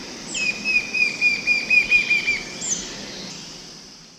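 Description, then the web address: Lineated woodcreeper song: a quick run of clear, high notes that slowly fall in pitch, with buzzing insects droning throughout. Eastern lowlands of South America. "Natures Songs S America Eastern Lowlands. Lineated Woodcreeper"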